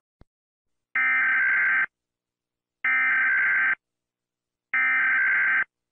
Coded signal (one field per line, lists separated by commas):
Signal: Emergency Alert System (SAME) tones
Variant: header bursts